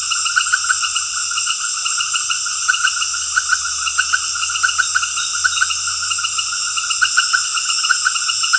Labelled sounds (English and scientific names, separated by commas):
none